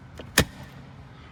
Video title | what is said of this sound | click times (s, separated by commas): 2025 Alfa Romeo Tonale | Snaps in place. | 0.4 s